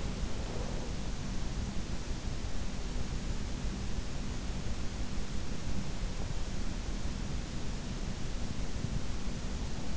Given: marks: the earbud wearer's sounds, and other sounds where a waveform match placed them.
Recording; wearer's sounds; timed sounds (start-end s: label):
sounds in sleep by an in-ear microphone; breath
0.00-0.99 s: breath